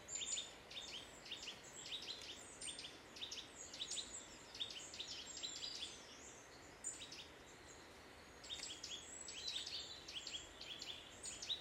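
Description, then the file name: Eurasian nuthatch calls: short, sharp, high notes repeated in quick runs, clustered in bursts throughout, over a steady background hiss. "Sitta europaea"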